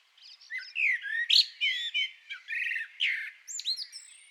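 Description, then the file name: Common blackbird giving a continuous run of rich, slurred whistles and warbles, finishing with thin, high squeaky notes. "Turdus merula"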